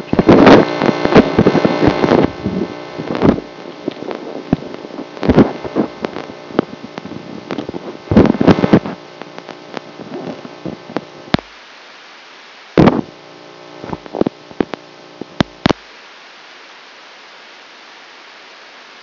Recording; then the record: brain microelectrode recording played as sound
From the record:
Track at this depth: outside the subthalamic nucleus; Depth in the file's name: -1.081 mm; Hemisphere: left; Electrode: 3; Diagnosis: Parkinson's disease